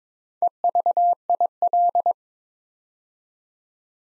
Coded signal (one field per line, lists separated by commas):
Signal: Morse code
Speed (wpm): 23 wpm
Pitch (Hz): 700 Hz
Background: none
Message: EVIL